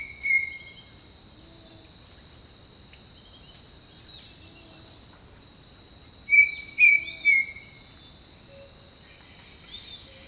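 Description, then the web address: Bird song with a single whistle at the start, then a quick run of three level whistled notes, over a continuous insect drone with soft calls. Jungle birdsong. "Echoes of Nature - Jungle Talk Jungle Birdsong"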